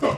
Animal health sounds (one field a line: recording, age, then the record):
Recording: pig call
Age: growing-finishing pig (85 days or more)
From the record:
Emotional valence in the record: positive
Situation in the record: run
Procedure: transit